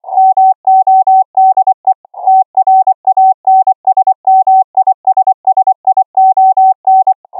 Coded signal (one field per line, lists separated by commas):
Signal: Morse code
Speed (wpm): 25 wpm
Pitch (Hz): 760 Hz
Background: none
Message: MODE TRANSMISSION